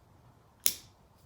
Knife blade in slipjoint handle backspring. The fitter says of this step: you'll hear a very positive click and it opens and